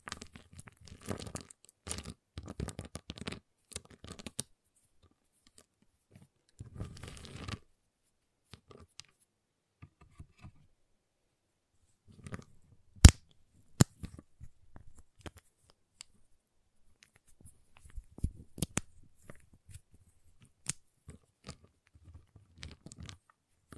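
Tapping, cutting and snapping on a giant chocolate bar, in short bursts of dry crackly clicks and crunches. Dense clusters fill the first eight seconds, then sparse taps and a few sharp snaps around 13–14 seconds, with scattered crinkly bursts later and near-silent gaps between.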